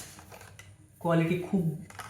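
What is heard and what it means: A plastic lens hood is being twisted onto the front bayonet of a Tamron 28-75 f2.8 G II zoom lens, with light handling ticks around 0.6 s and 2.1 s while someone talks. The hood has not yet locked or clicked into place by the end of the clip.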